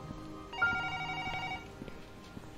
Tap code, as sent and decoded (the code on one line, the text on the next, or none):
none